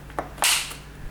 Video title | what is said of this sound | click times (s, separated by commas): Bosch dishwasher keeps emptying and filling, how to diagnose the fault and replace parts | And when you push it back in, you will clearly hear it click | 0.2 s